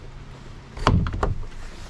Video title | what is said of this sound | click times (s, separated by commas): Full Boat Tour - 2016 Quicksilver 855 Weekend - £94,995 | notice there's a little clicker in here so you can actually locate it | 0.9 s